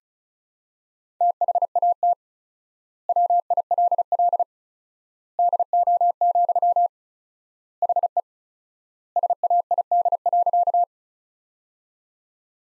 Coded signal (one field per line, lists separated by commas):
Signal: Morse code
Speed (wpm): 36 wpm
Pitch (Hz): 700 Hz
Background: none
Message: THAT WILL DO, HE SAID.